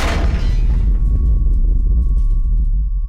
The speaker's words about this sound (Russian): Эти РПГ врезались и взорвались в правый бок Белаза.